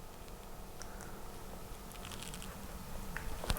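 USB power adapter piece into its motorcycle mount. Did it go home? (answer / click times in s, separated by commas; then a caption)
yes / 3.5 s. A plastic USB power adapter piece for a 2021 Aprilia Tuono is fitted over a locating tab on its motorcycle mount and pushed in by hand. Faint scrapes and small ticks sound over a low background hum. It snaps home with a sharp click at 3.5 s, seating the adapter in place.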